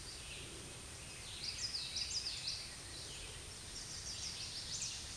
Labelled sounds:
Common Yellowthroat song
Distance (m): 55 m
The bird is about 5 m above the microphone
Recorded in a Pennsylvania forest on 16 May 2024 at 09:20
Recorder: AudioMoth, point MSD-0627
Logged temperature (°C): 14.8 °C
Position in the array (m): 78 m, -39 m

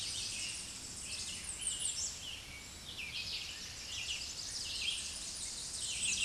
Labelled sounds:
American Redstart song
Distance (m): 45 m
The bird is about 10 m above the microphone
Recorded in a Pennsylvania forest on 16 May 2024 at 07:59
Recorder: AudioMoth, point MSD-2478
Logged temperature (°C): 15.6 °C
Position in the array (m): 65 m, 237 m

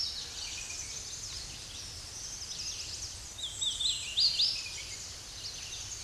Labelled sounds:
Hooded Warbler song
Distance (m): 30 m
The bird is about level with the microphone
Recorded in a Pennsylvania forest on 16 May 2024 at 07:28
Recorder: AudioMoth, point MSD-1293
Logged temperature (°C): 12.0 °C
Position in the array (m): 30 m, 146 m

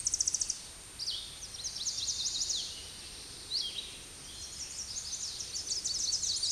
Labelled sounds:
Chestnut-sided Warbler song
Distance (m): 25 m
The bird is about 10 m above the microphone
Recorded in a Pennsylvania forest on 16 May 2024 at 08:16
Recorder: AudioMoth, point MSD-2494
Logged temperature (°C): 15.6 °C
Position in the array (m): 184 m, 189 m

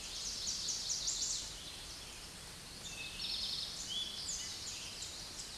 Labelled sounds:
Eastern Towhee song
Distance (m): 40 m
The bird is about 10 m above the microphone
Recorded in a Pennsylvania forest on 16 May 2024 at 06:10
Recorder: AudioMoth, point MSD-0475
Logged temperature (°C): 12.3 °C
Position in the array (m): 108 m, 6 m

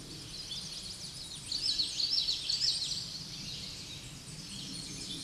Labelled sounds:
Common Yellowthroat song
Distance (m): 20 m
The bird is about 5 m above the microphone
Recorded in a Pennsylvania forest on 16 May 2024 at 07:20
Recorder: AudioMoth, point MSD-0215
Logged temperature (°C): 16.1 °C
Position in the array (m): 36 m, 145 m

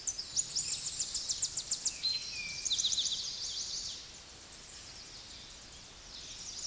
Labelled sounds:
Eastern Towhee song
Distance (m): 15 m
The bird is about level with the microphone
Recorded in a Pennsylvania forest on 16 May 2024 at 09:52
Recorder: AudioMoth, point MSD-0407
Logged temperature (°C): 15.8 °C
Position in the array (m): 68 m, 181 m

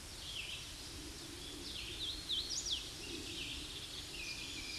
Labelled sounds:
Hooded Warbler song
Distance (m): 30 m
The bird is about 10 m above the microphone
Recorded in a Pennsylvania forest on 16 May 2024 at 07:36
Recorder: AudioMoth, point MSD-2095
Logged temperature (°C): 16.3 °C
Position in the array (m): 157 m, 89 m

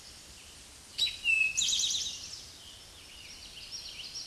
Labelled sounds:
Eastern Towhee song
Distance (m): 5 m
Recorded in a Pennsylvania forest on 16 May 2024 at 06:06
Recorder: AudioMoth, point MSD-2166
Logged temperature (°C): 16.3 °C
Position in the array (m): 109 m, 6 m

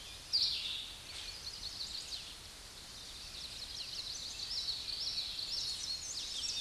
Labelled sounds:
Common Yellowthroat song
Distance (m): 45 m
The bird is about 10 m above the microphone
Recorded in a Pennsylvania forest on 16 May 2024 at 09:02
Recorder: AudioMoth, point MSD-0661
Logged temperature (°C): 15.8 °C
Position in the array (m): 57 m, 160 m

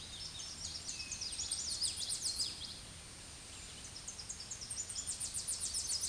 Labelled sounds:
Tennessee Warbler song
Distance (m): 30 m
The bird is about 5 m above the microphone
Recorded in a Pennsylvania forest on 16 May 2024 at 07:05
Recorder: AudioMoth, point MSD-0665
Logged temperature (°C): 16.1 °C
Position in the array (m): 81 m, 61 m

